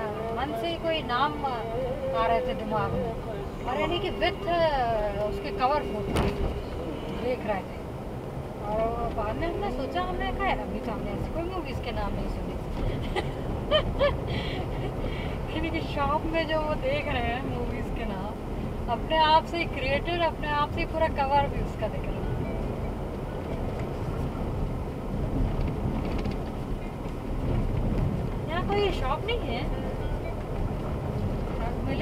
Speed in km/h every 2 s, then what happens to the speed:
37, 38, 42, 46, 50, 52, 55, 57, 54, 52, 53, 54, 50, 46, 50, 53.
3-13 speeds up to 57. 13-22 steady at about 54. 22-25 slows to 46. 25-32 steady at about 50.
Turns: none.